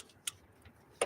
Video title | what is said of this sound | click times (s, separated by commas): 2005 Hyundai Sonata 2.4L timing belt replacement. #3 | I hear it clicking. | 0.3 s, 1.0 s